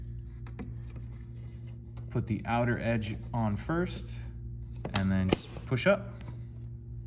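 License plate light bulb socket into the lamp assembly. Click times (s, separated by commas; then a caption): 0.5 s. On a 2015–2020 Chevy Tahoe, a plastic license plate light bulb socket holding a new bulb is lined up and turned clockwise into the lamp assembly. It twist-locks and seats with a click at 0.5 s, followed by a few fainter ticks. Someone then talks over a steady low hum.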